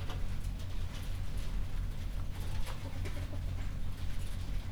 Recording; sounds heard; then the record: poultry house recording; healthy chickens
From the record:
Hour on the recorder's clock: 22